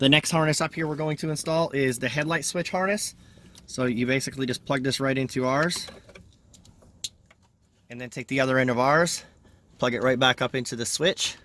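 Someone talks while a plastic headlight-switch harness connector from a plug-and-play remote start kit for a 2010-2014 Toyota Sequoia is plugged into the mating connector of the remote start harness. A single sharp click is heard at 7.0 s, and the connector is seated.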